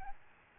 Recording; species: mosquito wingbeat signal from an infrared sensor; Aedes albopictus